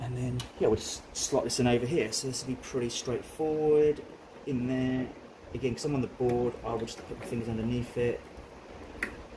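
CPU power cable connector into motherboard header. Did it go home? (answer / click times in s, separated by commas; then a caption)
yes / 9.0 s. A CPU power cable connector is pushed into its motherboard header while someone talks, and it seats with a short, sharp click at 9.0 seconds. The CPU power is confirmed connected.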